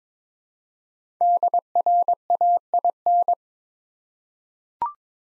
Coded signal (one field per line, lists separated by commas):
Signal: Morse code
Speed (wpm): 22 wpm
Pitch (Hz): 700 Hz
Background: none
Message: DRAIN